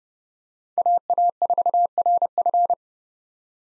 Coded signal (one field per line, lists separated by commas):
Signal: Morse code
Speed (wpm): 30 wpm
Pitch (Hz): 700 Hz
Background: none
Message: AA4RF